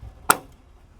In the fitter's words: Bottom one snap in place.